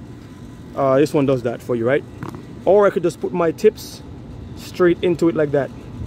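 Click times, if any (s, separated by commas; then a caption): none. A pressure washer nozzle tip is handled at the quick-connect fitting, ready to be pushed straight in, while someone talks over a steady low background noise. Nothing has seated or clicked in the fitting yet.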